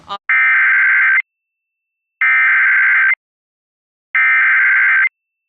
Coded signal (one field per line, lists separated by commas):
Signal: Emergency Alert System (SAME) tones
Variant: header bursts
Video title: Flash Flood Warning on WYES During Antiques Roadshow (EAS 96)